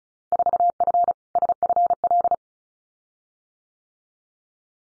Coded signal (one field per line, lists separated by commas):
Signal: Morse code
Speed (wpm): 34 wpm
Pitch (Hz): 700 Hz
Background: none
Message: 4F SFL